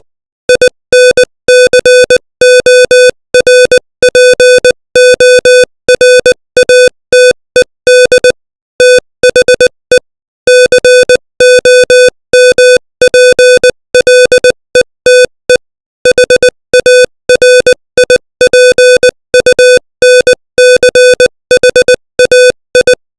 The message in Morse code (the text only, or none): INCORPORATED THE COMPLETE HARIPUNCHAI